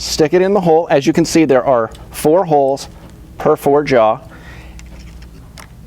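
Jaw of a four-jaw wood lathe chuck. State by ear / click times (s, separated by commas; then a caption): released / 5.6 s. Someone talks as a 1/8 inch hex ball chuck key is put into the hole in the metal jaw of a four-jaw wood lathe chuck. The key is levered up, and the jaw pops out of the chuck body with a sharp click at 5.6 s.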